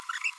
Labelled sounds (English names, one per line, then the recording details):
Green-rumped Parrotlet babbling
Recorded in a nest box in Venezuela
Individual 18B25A3